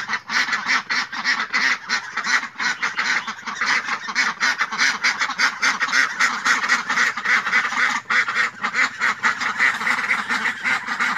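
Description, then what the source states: Domestic ducks quacking together, continuous harsh, nasal calls layered densely, with brief dips and surges in the chorus. A flock of ducks calling.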